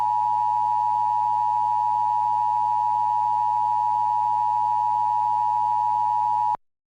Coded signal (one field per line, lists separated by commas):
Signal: Emergency Alert System (SAME) tones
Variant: 853 and 960 Hz attention tone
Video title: The Creature of Wind | EAS Mock #25